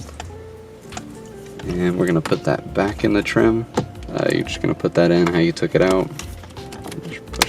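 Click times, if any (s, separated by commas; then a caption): 7.4 s. A start-stop button on a 2013-2020 Lexus GS is pushed back into its plastic dashboard trim panel while someone talks over background music. Small handling taps are followed by a sharp, loud snap at 7.4 s as the button clicks into place and seats in the trim.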